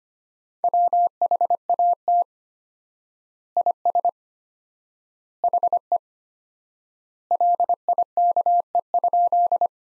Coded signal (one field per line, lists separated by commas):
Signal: Morse code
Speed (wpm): 25 wpm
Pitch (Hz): 700 Hz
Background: none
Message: WHAT IS HE LIKE?